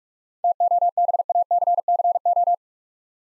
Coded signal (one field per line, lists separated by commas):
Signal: Morse code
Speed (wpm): 46 wpm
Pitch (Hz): 700 Hz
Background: none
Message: TOBACCO